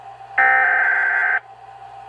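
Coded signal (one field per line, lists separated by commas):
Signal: Emergency Alert System (SAME) tones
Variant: header bursts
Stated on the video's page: Tornado Warning from weather radio originator, header sent three times.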